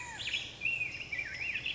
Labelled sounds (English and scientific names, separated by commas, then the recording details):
Black-headed Grosbeak (Pheucticus melanocephalus)
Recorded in Sonoma County, California